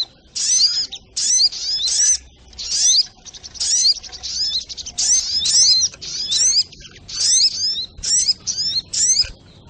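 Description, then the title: Little Spiderhunter singing rapid high chirps and upward-sweeping whistles in clustered bursts, some phrases run together, others broken by short gaps. Training recording (masteran), Labaik style. "Masteran Burung Sogok Ontong Labaik"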